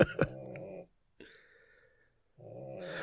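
Teddy, a dog, snoring, with rough, rattling low breaths separated by short pauses.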